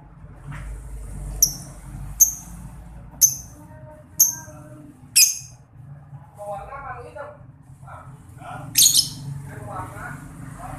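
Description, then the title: Lovebird chirps: five sharp, high, falling notes about a second apart, then softer chattering sounds and one final loud chirp. Masteran therapy recording meant to make a labet lovebird quickly produce long ngekek (ngekek panjang). "Kicau Lovebird SUPER GILA !!! Terapi Masteran LABET Terbaik Agar Labet Cepet NGEKEK PANJANG"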